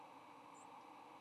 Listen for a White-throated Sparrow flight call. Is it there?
no